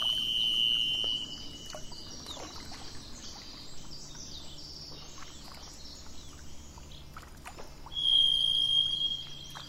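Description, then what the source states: Thrush song: two long, steady, high whistled notes about seven seconds apart, with a continuous low rumble between them. Recorded on 27 April 2004 with truck noise in the background.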